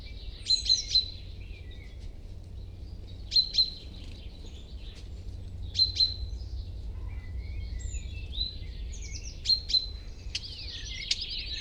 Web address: Estornino pinto